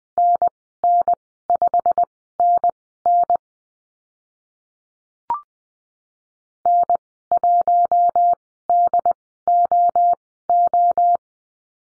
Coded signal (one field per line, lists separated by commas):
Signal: Morse code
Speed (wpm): 19 wpm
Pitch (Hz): 700 Hz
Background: none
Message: NN5NN N1DOO